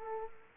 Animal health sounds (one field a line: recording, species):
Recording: mosquito wingbeat signal from an infrared sensor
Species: Culex quinquefasciatus